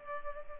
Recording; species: mosquito wingbeat signal from an infrared sensor; Culex pipiens